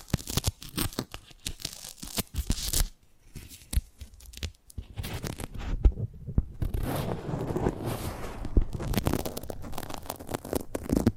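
Close-up ASMR mic treatment: dense scratchy crackles and rubbing sounds, with sharp pops scattered through the first three seconds. Things go quieter with sparse taps from about three to five seconds, then a steady, fizzy brushing texture runs to the end.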